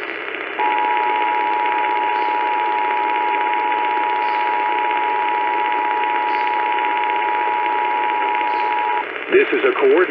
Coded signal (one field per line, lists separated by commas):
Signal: Emergency Alert System (SAME) tones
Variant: 853 and 960 Hz attention tone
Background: speech